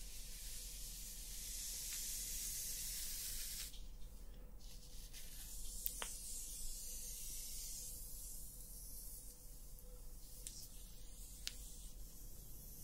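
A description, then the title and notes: Hair brushing, with a dense, bright hissing rush through the first few seconds and again later, broken by quieter gaps. Short sharp ticks land near four, six, ten and eleven seconds, over a faint steady low hum. ASMR Playing With Your Hair Until You Sleep Hair Brushing, Scalp Massage & Hair Play.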